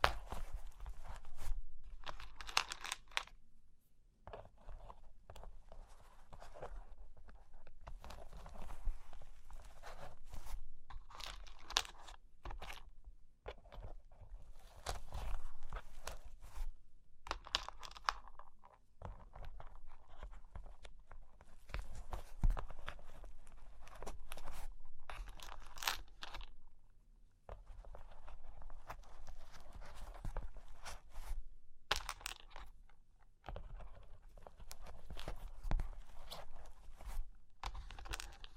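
Cork and wood are tapped, scratched and traced in close succession, with dense bursts of gritty scraping and crunchy crinkling that start and stop every second or two. Short silent gaps separate the strokes, and a low thump underlies many of them.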